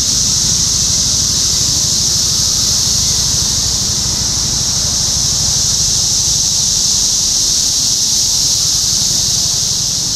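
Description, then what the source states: Cicadas produce a relentless high hissing buzz. Topeka, Kansas, 14 June 2015.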